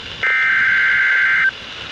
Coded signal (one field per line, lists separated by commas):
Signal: Emergency Alert System (SAME) tones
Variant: header bursts